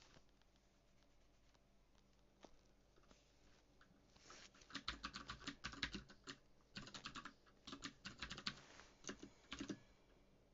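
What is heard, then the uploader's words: Someone types code on a mechanical keyboard. The first four seconds hold only a few scattered clicks; then dense bursts of sharp, clacky keystrokes arrive in quick runs with short pauses, continuing to the end. Coding PHP on a HyperX Alloy FPS mechanical keyboard with Cherry MX Blue keys. Coding on a mechanical keyboard.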